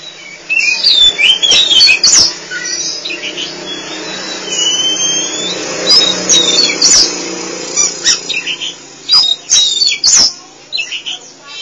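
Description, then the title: Oriental magpie-robin song, varied whistled and scratchy phrases in bursts with pauses, some clicks between, faint low hum behind. Chirping song (kicauan) of the bird. "Suara Kicauan Burung Kacer Durasi Panjang"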